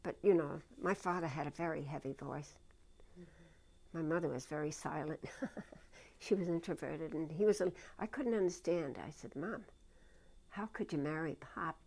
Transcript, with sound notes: But, you know, my father had a very heavy voice. My mother was very silent. ( she laughs ) She was introverted, and he was, I couldn't understand. I said, "Mom, how could you marry Pop?"